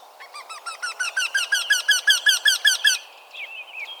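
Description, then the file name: Eurasian wryneck calling: a rapid run of many nasal, ringing 'quee' notes, each with a slight rise and fall, followed by fainter notes. "Wryneck"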